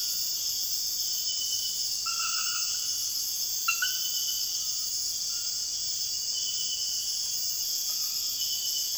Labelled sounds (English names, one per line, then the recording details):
none
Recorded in dense forest near Puerto Asís, Putumayo, Colombia, on 9 March 2025 at 04:00
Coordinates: 0.481, -76.323
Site G088